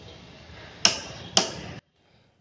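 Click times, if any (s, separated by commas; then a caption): 0.8 s. A click-type torque wrench tightens a motorcycle axle nut as it is pushed down by its handle sleeve. A loud, sharp click at 0.9 s marks the set torque being reached, the signal to stop. A second sharp click follows at 1.4 s over steady background noise, which cuts off at about 1.8 s.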